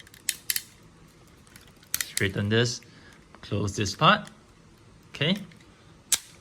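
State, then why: Seated. A plastic leg panel on a Bandai DX Chogokin VF-1S Valkyrie Roy Focker die-cast transforming toy robot is closed and pushed in while someone talks, with a few small plastic clicks of handling along the way. It snaps into place with a sharp click at 6.1 s, seated.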